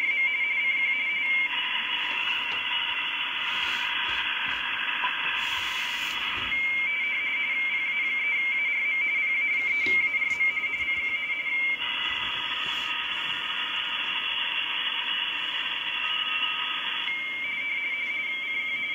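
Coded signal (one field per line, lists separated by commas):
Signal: RTTY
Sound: rapid warbling between two close tones, steady teletype burble, over hissy static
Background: radio static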